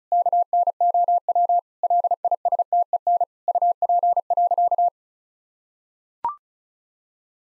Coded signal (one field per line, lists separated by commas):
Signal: Morse code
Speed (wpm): 34 wpm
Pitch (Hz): 700 Hz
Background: none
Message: KNOW LISTEN UP.